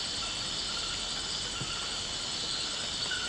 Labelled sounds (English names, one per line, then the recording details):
none
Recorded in pastures near Puerto Asís, Putumayo, Colombia, on 19 March 2025 at 23:30
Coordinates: 0.472, -76.329
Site G074